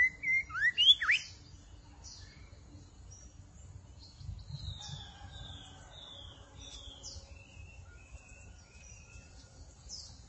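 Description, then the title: Magpie-robin or shama singing: several loud sliding notes open the phrase, followed by a slow series of soft, thin whistles sliding downward, over low background noise. "Suara Burung Murai"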